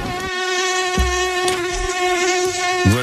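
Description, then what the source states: Mosquito wing buzz, a steady droning whine with strong even harmonics held throughout, broken by a few brief lower thumps and clicks. Buzz made by the female, which vibrates mostly to attract the male for mating; the male is quieter.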